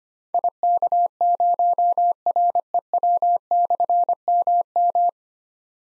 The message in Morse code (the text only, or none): IK0REW/MM